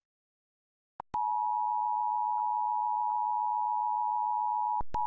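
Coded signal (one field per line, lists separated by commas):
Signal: Emergency Alert System (SAME) tones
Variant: 853 and 960 Hz attention tone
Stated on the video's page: Required Monthly Test aired on Philadelphia PBS television station, from an archived recording.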